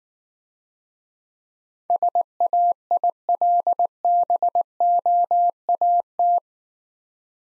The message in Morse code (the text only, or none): SAILBOAT